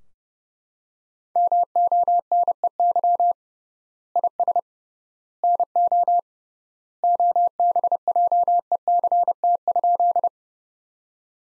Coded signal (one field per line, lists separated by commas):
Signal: Morse code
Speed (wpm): 30 wpm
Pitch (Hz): 700 Hz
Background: none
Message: MONEY IS NO OBJECT?